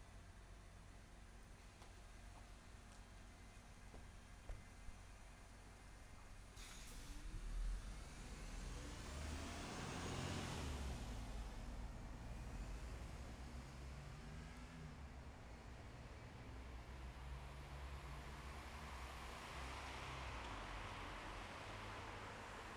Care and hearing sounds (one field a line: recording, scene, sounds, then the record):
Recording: everyday scene through a hearing-aid microphone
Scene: in traffic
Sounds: traffic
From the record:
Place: bus stop on a city main road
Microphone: behind the ear, left, rear